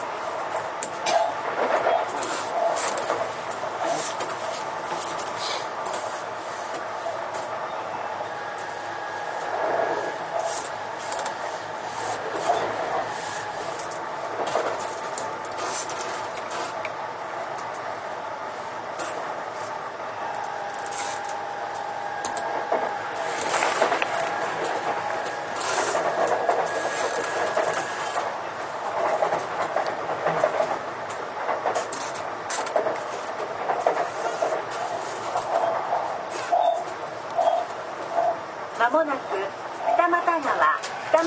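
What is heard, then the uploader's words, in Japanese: Sotetsu 20000 series train running between Yokohama and Shonan-dai, heard as a steady rolling rumble with sustained motor tones that rise and shift through the middle. Frequent clicks and rattles from the rails punctuate it, and a voice briefly surfaces near the end. 相鉄20000系 横浜ー湘南台。快速に乗車し、録音。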